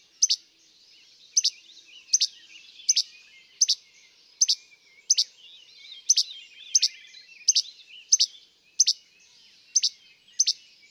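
Least flycatcher song: a sharp, snappy note repeated steadily many times.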